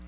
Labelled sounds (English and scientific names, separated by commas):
Black-throated Blue Warbler (Setophaga caerulescens) flight call